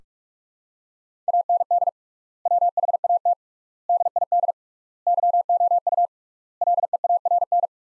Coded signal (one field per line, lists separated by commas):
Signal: Morse code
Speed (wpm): 46 wpm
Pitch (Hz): 700 Hz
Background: none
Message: AND WHAT DID YOU LEARN